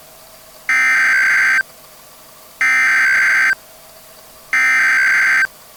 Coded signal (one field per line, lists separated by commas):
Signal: Emergency Alert System (SAME) tones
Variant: header bursts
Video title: Christmas: A Time for Fear | An EAS Scenario